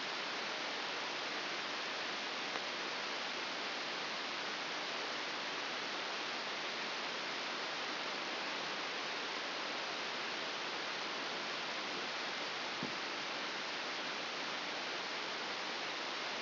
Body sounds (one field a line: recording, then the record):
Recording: brain microelectrode recording played as sound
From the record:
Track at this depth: inside the subthalamic nucleus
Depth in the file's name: 2.599 mm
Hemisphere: left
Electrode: 2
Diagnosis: Parkinson's disease